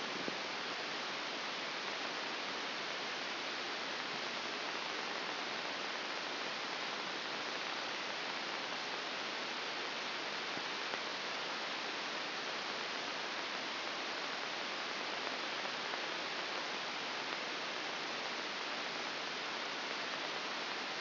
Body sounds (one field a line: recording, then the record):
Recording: brain microelectrode recording played as sound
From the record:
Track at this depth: inside the subthalamic nucleus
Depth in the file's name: 1.1 mm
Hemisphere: left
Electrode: 2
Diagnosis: Parkinson's disease